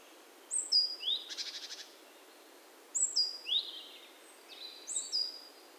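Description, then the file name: Great tit call series: a group of high thin notes, followed by a rapid buzzy rattle, then two more groups of high notes. "Parus major"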